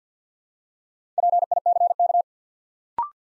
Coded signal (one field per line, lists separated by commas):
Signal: Morse code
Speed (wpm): 50 wpm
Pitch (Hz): 700 Hz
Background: none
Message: PICK